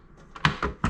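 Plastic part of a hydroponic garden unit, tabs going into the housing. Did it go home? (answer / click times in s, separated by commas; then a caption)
yes / 0.4 s, 0.8 s. The last plastic tabs of a hydroponic garden unit's plastic part are pressed home into the housing by hand, eased in rather than forced, since the part should simply go back together. Sharp plastic clicks land at 0.5 s and 0.8 s, with a softer tap just before 0.4 s and another hit around 0.6 s. The part snaps back together and is seated.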